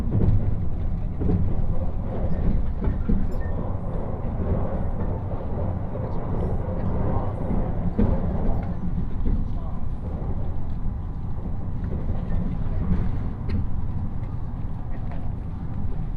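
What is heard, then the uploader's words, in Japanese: Inside the Nishi-Kyushu Shinkansen running from Nagasaki toward Saga, a deep, steady rumble fills all sixteen seconds, heaviest in the low end. Faint murmurs of voices and small clicks and rattles surface now and then over the constant running noise. 西九州新幹線 長崎→佐賀。西九州新幹線の全線通し、全駅停車の列車に乗って佐賀まで向かいます。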